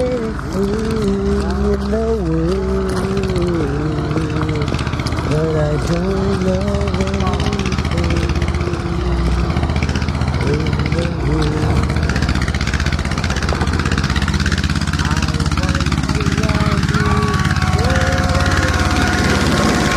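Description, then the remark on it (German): A farm machine's engine from the agricultural machinery of Euvar Rattas, used by Alma Rattas in her soundscape compositions, runs steadily and loudly, its low rumbling drone carrying wavering, whining harmonics that slowly shift in pitch throughout. “Bereits seit früher Jugend arbeitete Rattas an eigenen Kompositionen, meist düsteren Klanglandschaften, die dem landwirtschaftlichen Gerätepark ihres Großvaters entnommen waren.”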